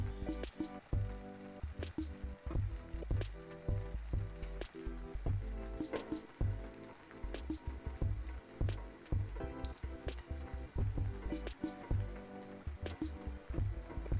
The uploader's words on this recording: Rainy tea time ambience. Kitchen. Light rain.